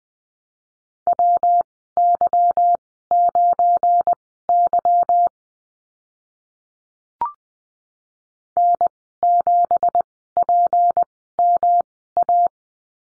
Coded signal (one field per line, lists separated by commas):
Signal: Morse code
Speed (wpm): 20 wpm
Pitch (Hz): 700 Hz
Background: none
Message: WY9Y N7PMA